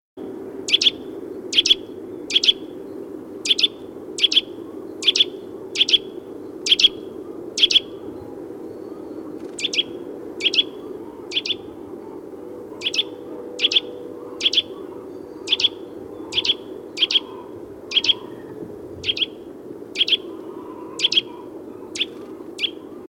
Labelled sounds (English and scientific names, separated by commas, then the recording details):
Eurasian Nuthatch (Sitta europaea) call
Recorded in the wild
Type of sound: call
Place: Putbus, Insel Rügen, Mecklenburg-Vorpommern, DE
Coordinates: 54.35, 13.477
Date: 1980-02-21
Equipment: Nagra III BH, Sennheiser MD 21, parabola
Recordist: Schubert, Michael
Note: Kleiber, diverse Rufe